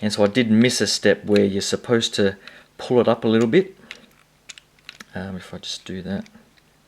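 Someone talks while handling the plastic head assembly in the torso of a Transformers Masterpiece MP-25 Tracks transforming robot figure, beginning to pull it up because the head flops around. Brief sharp plastic handling ticks are heard between about 3.9 and 5.0 s, followed by more talking. Nothing has clicked or seated yet.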